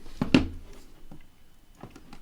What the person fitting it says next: Should snap into place. There we go.